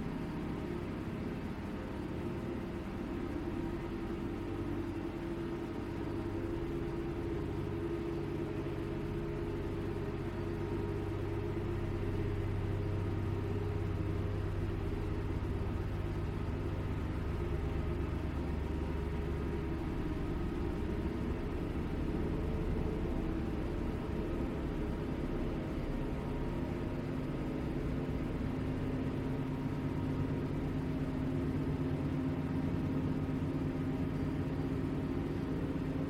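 A hyperspace sleep chamber hums with a steady, layered low drone, swelling slightly after ten seconds, with a soft hiss above it throughout.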